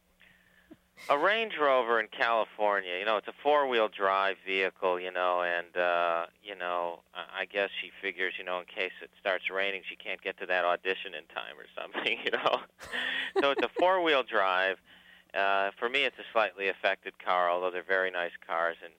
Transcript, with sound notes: a Range Rover in California - you know, it's a four-wheel drive vehicle, you know, and, you know, I guess she figures, you know, in case it starts raining she can't get to that audition in time or something, you know?
(Laughter).
So it's a four-wheel-drive. For me, it's a slightly affected car, although they're very nice cars.